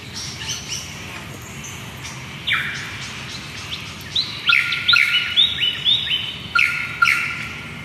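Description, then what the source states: Lyrebird singing a varied sequence: scattered high notes, a strong falling sweep, then a run of quick repeated whistled notes. Ridge Track, Tacoma, Victoria; sent in by listener Di McKenzie.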